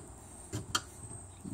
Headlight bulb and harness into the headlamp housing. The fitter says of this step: should hear you click them that is the